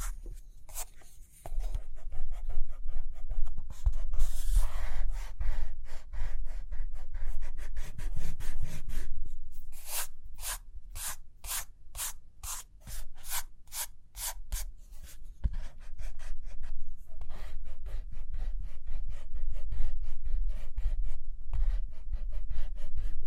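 Pen or pencil writing and drawing, with short scratchy strokes and rustles of paper running almost throughout. Around ten to fifteen seconds a quick, even series of about a dozen sharp taps stands out, then scribbling resumes with occasional soft knocks and a low steady hum underneath.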